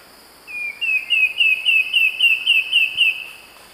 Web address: Natures Songs S America Eastern Lowlands Myrmeciza fortis, song